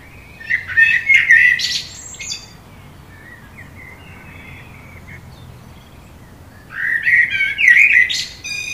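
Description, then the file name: Common blackbird singing two mellow warbled phrases with high scratchy endings, with a quiet gap holding faint notes between them. "Turdus merula"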